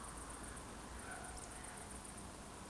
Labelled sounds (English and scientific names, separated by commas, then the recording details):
Eurasian Woodcock (Scolopax rusticola) whistle
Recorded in Baden-Württemberg, Germany, on 23 June 2020 at 20:39 UTC
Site 14569, 102 m above sea level